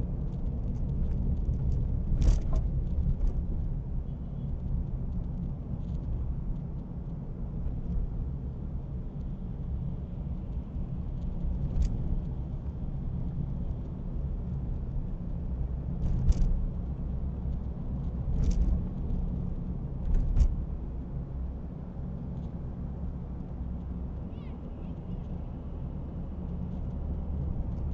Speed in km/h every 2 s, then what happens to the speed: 41, 37, 32, 35, 37, 35, 34, 34, 36, 37, 40, 39, 40, 42.
0-5 slows to 32. 5-28 speeds up to 42.